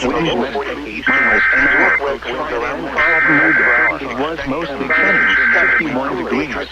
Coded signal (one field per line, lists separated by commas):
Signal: Emergency Alert System (SAME) tones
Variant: header bursts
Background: speech